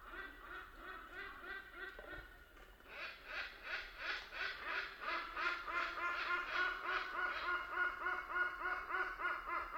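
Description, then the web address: Hornbills calling together, rapid nasal honking notes about three per second, swelling into a dense overlapping chorus midway, with a faint high hiss above. Group call of hornbills in African rainforest, Kenya, with cicadas in the background. "Tom Hutchings Nature Jungle Rainforest Africa Hornbills Group Call Cicadas Nature Kenya"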